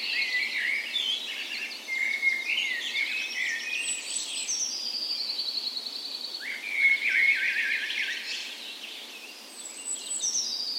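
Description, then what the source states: Birds in a dawn chorus, several overlapping songs of trills, whistles and high thin notes, continuous throughout with steady background hiss. Park west in Bergen, Norway; morning of 17 May, Norway's National Day, full spring; recorded on Sony PCM A10 with LOM Micro Usi mics as tree ears.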